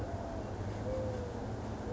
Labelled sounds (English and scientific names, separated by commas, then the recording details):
Mourning Dove (Zenaida macroura)
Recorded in Sonoma County, California